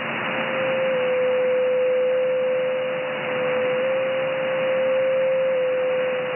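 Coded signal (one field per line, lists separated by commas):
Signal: JT65, JT9 or WSPR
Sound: a single steady, very narrow tone around 550 Hz held under constant radio hiss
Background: radio static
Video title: First Time decoding of JT9 digital mode using WSJT X software 10140 Khz Shortwave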